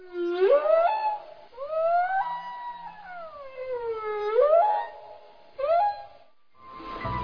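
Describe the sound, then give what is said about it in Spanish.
Blue whale calls played with a projection of marine species on a giant screen in a cylindrical exhibit space of a water museum: a series of long, mournful moans that swoop up and down in pitch, rich in harmonics and fairly loud, with short gaps between them and a noisy rush at the end. “La plataforma principal de Aguamundi consiste en un espacio cilíndrico donde los visitantes ingresan y pueden ver en una pantalla gigante una proyección de distintas especies marinas en su hábitat natural, como la ballena azul.”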